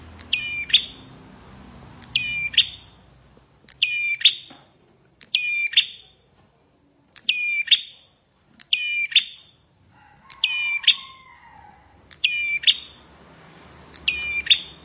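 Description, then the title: Bar-winged prinia repeating a sharp, high, rattling chirp nine times, with a brief lower whistle from another bird midway. "Ciblek Sawah"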